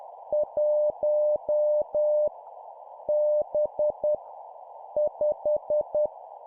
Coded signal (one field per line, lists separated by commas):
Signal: Morse code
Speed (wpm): 10 wpm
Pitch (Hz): 600 Hz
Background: none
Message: 1 B 5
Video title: 10wpm Random Letter Number, learning morse code